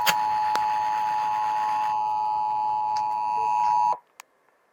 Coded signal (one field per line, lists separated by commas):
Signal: Emergency Alert System (SAME) tones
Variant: 853 and 960 Hz attention tone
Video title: WEDNESDAY TESTS... EAS Alerts From 1/5/2022 (EAS #927 - 931)